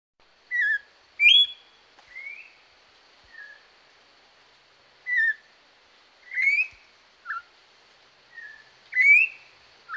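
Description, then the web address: Orange-backed troupial song: a string of rich whistled notes, some upslurred, some flat or falling, given in irregular phrases. Pantanal. "sescpantanal multimidia joao-pinto"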